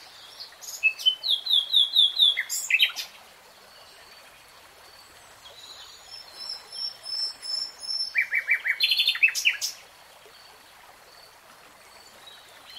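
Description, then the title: Nightingale song: two phrases of rapidly repeated notes and buzzy trills separated by a pause with soft high whistles. Real-time recording of a nightingale singing. "[Tiếng chim hót] Nightingale Singing"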